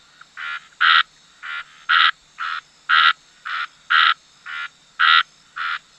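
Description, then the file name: Red-snouted treefrog repeating brief grating notes in a steady series, louder and softer notes alternating. "Scinax ruber"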